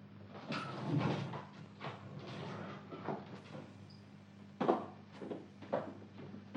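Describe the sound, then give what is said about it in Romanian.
The door of a man's room being eased open just a crack, with a few soft creaks and light knocks spread over several seconds above a steady low hum. “Crapă puțin ușa.”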